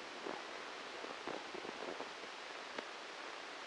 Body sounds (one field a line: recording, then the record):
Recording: brain microelectrode recording played as sound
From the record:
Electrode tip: inside the subthalamic nucleus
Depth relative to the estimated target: 1 mm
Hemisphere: left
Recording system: NeuroSet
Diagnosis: Parkinson's disease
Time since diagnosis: 13 years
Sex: male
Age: 63 years